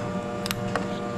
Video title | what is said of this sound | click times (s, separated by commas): HVAC: Supco Port A Blaster Coil Cleaning Machine Setup/Review (ZPB140 Port A Blaster Coil Cleaning) | heard the click | 0.5 s